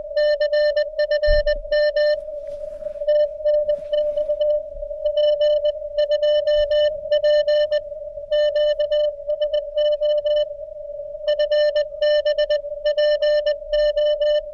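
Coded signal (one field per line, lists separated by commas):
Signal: Morse code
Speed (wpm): 20 wpm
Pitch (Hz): 600 Hz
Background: none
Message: CFM TNX P2P QSO FB PO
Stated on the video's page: CW calls during a POTA park-to-park hunt from a car on 7MHz, IC-705 at 5W, testing a magnet-mount ground.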